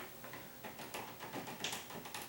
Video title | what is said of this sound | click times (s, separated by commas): How to Install Hard Wired Smoke Detector Made Easy | Okay, and I can feel it clicking on there. | 0.2 s, 0.3 s, 0.7 s, 0.9 s, 1.7 s, 2.2 s